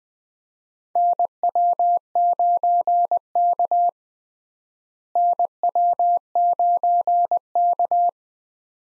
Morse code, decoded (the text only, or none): NW9K NW9K